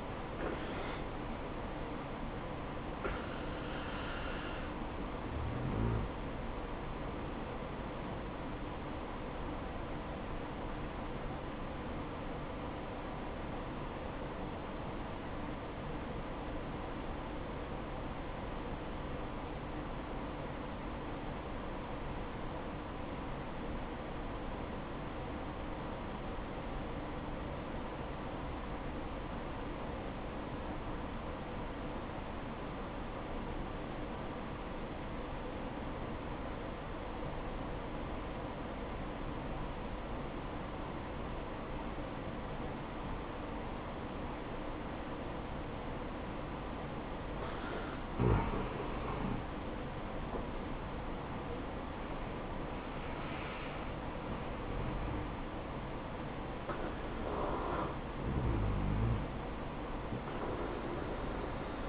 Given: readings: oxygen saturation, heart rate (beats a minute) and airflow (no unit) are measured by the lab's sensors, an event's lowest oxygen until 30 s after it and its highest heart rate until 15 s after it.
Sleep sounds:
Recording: breathing in sleep by a voice recorder at the bedside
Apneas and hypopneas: 1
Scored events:
13.00-49.60 s: obstructive apnea (N1, oxygen 96% highest, then 87% lowest, heart rate 63 at the start, 76 highest)
24.00-61.89 s: new sleep stage, N2 (light sleep)
From the record:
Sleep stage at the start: N1 (lightest sleep)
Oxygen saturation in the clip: 85 to 96%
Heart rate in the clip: 58 to 80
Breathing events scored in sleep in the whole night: 573 in 9.8 hours asleep

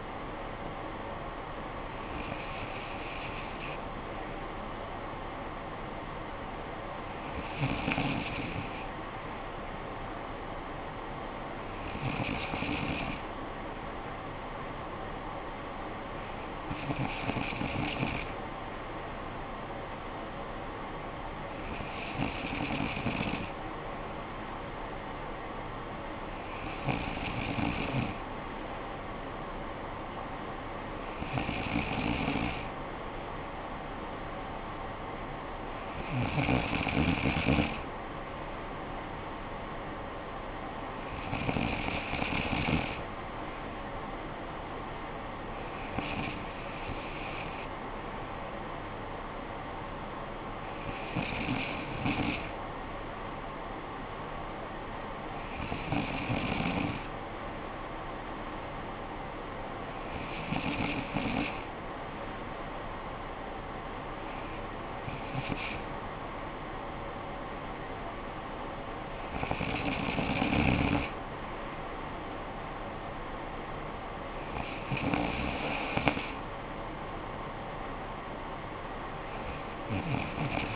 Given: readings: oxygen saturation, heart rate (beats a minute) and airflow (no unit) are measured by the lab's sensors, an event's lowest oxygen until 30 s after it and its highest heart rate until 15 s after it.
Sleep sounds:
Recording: breathing in sleep by a voice recorder at the bedside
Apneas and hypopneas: none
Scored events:
55.00-80.76 s: new sleep stage, N3 (deep sleep)
From the record:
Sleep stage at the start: N2 (light sleep)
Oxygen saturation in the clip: 94 to 95%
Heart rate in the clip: 51 to 57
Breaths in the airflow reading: 16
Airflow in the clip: -9.6 to 6.4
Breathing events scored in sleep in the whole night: 445 in 7.6 hours asleep

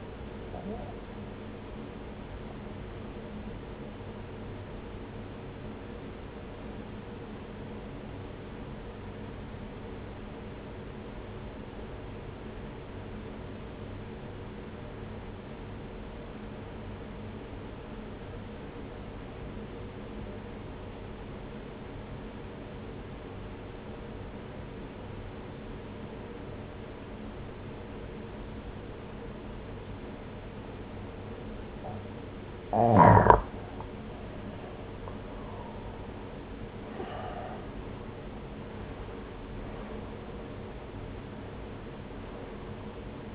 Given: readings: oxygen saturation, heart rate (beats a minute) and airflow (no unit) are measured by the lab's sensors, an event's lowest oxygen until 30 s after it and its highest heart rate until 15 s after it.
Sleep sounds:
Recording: breathing in sleep by a voice recorder at the bedside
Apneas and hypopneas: 1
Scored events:
6.00-34.00 s: obstructive apnea (N1, oxygen 94% highest, then 84% lowest, heart rate 59 at the start, 73 highest)
From the record:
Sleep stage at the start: N1 (lightest sleep)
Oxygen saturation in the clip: 84 to 94%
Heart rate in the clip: 59 to 73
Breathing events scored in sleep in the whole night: 303 in 8.1 hours asleep

